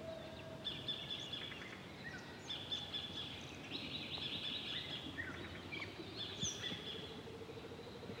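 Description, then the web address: Birds chirping and twittering in short high notes over a steady wash of water noise. Birds heard beside a turning water wheel; water sports and nature setting. "KMP Film Video Sound Effects. Draaiend Waterrad Vogels (watersport-natuur)"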